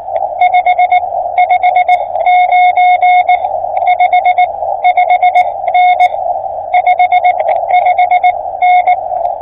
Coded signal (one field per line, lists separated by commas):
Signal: Morse code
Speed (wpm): 18 wpm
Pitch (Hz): 720 Hz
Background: radio noise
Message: 559 55N 55N